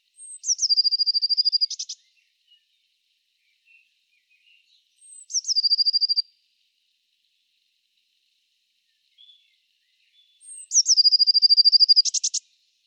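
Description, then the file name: Eurasian blue tit singing the same phrase three times, a high thin note followed by a rapid trill and a buzzy ending, with pauses of several seconds between phrases. "Cyanistes caeruleus"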